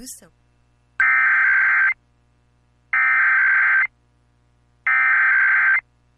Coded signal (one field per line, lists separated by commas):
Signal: Emergency Alert System (SAME) tones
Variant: header bursts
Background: speech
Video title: [EAS #2183-2217] Compilation of Alerts from the week of 2/20/23